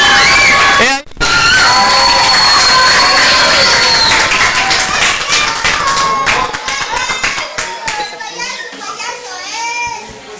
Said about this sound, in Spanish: pero que se escuchen los aplausos más fuertes para que él salga emocionado.